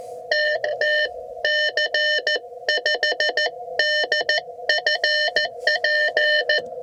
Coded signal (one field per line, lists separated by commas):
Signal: Morse code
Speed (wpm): 14 wpm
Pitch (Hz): 1800 Hz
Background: none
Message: TT C5DFP